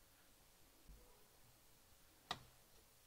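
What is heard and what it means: A small U.FL-type antenna coax connector is pressed straight down onto its circuit board socket inside a Hiseeu 8CH wireless security camera system receiver, using the rubber end of a pencil. After quiet handling, a single sharp tick at 2.3 s confirms the connector has clicked into place and is seated.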